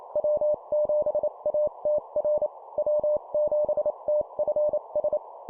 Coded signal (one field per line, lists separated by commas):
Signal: Morse code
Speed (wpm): 28 wpm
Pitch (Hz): 600 Hz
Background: none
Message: W7ATR W7TFS